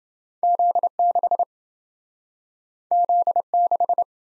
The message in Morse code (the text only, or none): Z6 Z6